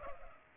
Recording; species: mosquito wingbeat signal from an infrared sensor; Culex pipiens